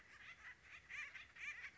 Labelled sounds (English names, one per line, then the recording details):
Acorn Woodpecker
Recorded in Sonoma County, California